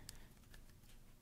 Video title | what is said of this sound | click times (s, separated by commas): Canon EOS M50 & 15-45 / 55-200 Lens Kit Unboxing & Initial Impressions | when you close it down it locks into place | 0.1 s